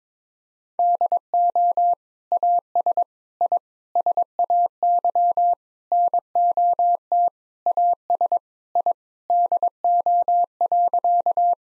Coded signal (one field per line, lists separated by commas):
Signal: Morse code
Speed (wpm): 22 wpm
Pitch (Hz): 700 Hz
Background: none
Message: DO AS I SAY NOT AS I DO.